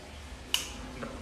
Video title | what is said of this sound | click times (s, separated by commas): Retrolavado de filtros de carbón activado y suavizador en módulo Oasis Exprés | Ahí se escucha el clic y se debe retroceder hacia la izquierda, en service ahí queda. | 0.5 s